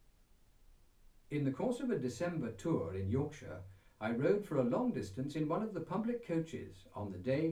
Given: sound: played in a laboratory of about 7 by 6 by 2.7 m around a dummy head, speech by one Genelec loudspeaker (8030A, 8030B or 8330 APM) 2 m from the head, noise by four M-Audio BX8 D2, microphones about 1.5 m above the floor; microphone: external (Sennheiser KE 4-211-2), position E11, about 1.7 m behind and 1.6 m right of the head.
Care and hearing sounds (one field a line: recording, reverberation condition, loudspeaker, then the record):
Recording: male speech in English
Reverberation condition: low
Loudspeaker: 90 degrees to the left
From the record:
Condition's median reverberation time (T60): about 310 ms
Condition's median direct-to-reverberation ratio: about 3.5 dB